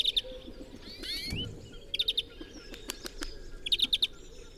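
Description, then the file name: European greenfinch song: bright chirping notes in quick clusters of three or four, a brief rising twittering phrase early on. "Chloris chloris"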